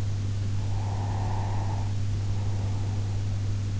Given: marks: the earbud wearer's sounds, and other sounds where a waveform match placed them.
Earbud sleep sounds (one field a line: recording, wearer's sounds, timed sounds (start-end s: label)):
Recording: sounds in sleep by an in-ear microphone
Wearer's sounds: breath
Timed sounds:
0.66-3.60 s: breath